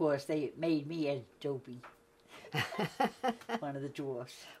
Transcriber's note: laughs